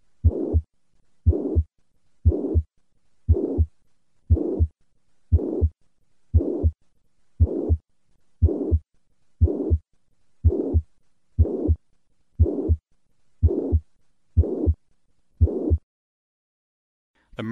The classic murmur of mitral regurgitation is plateau-shaped and holosystolic, extending from the first heart sound all the way to the second heart sound.